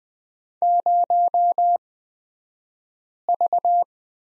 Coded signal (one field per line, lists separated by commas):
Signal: Morse code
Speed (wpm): 20 wpm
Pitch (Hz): 700 Hz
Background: none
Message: 0V